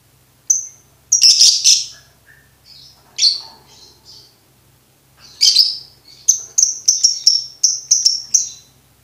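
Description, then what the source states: Lovebird vocalizing with a harsh buzzy burst, softer scattered notes, then a quick series of high repeated chirps. Training recording for birds to learn ngekek.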